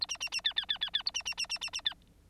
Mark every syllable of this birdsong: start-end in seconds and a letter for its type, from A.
0.01-0.06 A, 0.08-0.17 B, 0.20-0.29 B, 0.32-0.41 B, 0.44-0.53 C, 0.56-0.66 C, 0.68-0.78 C, 0.81-0.90 C, 0.93-1.03 C, 1.05-1.11 A, 1.14-1.23 B, 1.25-1.34 B, 1.37-1.47 B, 1.49-1.58 B, 1.61-1.70 B, 1.73-1.81 B, 1.85-1.94 C